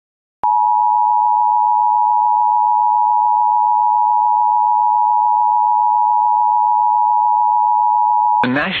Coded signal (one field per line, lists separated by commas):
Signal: Emergency Alert System (SAME) tones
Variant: 853 and 960 Hz attention tone